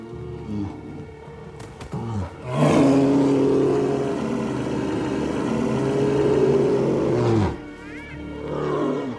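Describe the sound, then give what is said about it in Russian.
A bear standing up on its hind legs over a man lets out a deep, rumbling roar that swells loud and holds for about five seconds, bracketed by shorter, quieter growls before and after. “Медведь встает над ним на задние лапы.”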